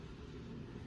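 The second end of a quick-release watch strap is handled against the case lugs of a Tag Heuer Night Diver watch. Only a steady, broadband noise with a low rumble is heard, with no sharp transients. Nothing has seated or clicked yet.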